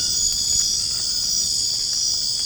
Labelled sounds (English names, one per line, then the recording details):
none
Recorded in dense forest near Puerto Asís, Putumayo, Colombia, on 27 June 2025 at 21:00
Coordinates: 0.481, -76.323
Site G072